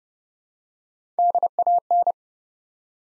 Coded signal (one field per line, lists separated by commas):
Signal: Morse code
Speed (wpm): 30 wpm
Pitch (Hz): 700 Hz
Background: none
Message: DAN